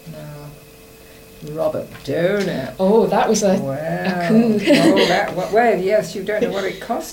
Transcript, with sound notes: Now, Robert Donat!
Oh that was a, a coup! [laughs]
Well, yes. You don't know what it cost me.